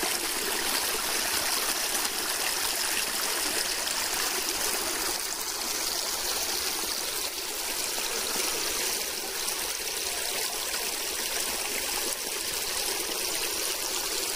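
A stream runs steadily after heavy rains, its water rushing in a dense, bright hiss with a constant churn. The flow stays even throughout, with little change in level and no other sounds standing out.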